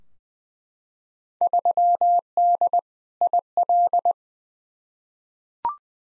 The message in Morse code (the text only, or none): 3D IL